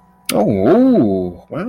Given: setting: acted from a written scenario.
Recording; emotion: vocal sound without words; positive surprise